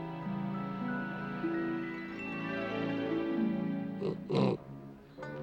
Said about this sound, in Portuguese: Tem um porco no cercado ao lado. E ele é enorme. Acho que vou descer e dar uma olhada de perto.